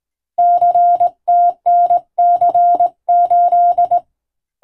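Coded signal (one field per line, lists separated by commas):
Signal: Morse code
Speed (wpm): 20 wpm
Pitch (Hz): 700 Hz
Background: none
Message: CTNC8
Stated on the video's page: Morse radio telegram in European-language code groups, sent with a vertical straight key, as receiving practice in the style of ship-to-coast-station telegraphy.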